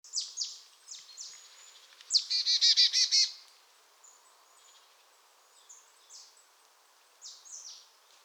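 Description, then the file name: Marsh tit calling: sharp high downslurred notes, then a fast buzzy chattering burst lasting about a second, followed by scattered thin high calls. "Poecile palustris"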